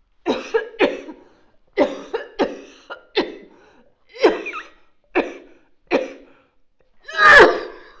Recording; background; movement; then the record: voluntary coughing; quiet; sitting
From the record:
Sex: female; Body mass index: 21.8 kg/m2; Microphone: on the chest, facing outward